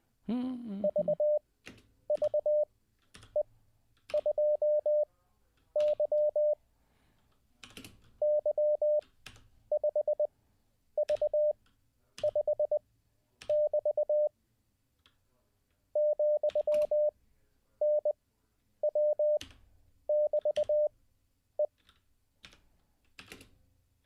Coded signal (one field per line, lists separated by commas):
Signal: Morse code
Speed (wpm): 20 wpm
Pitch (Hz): 600 Hz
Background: none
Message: VVE2Y Y5V5<BT> ,NW<BT>E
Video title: How To Learn Morse Code LIVE with N0SSC (Day 17)